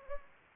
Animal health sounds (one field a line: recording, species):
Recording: mosquito wingbeat signal from an infrared sensor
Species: Anopheles gambiae